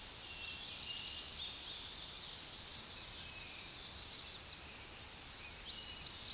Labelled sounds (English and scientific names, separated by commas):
Tennessee Warbler (Leiothlypis peregrina) song